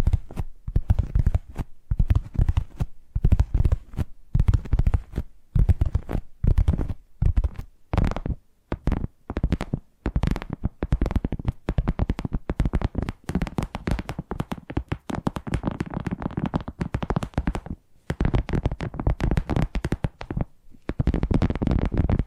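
Tapping triggers rattle along in quick, irregular bursts, each tap a sharp, bright click over a duller low thump. The pace is dense and uneven, with brief gaps near 5, 8 and 18 seconds, and the taps run closer together through the second half.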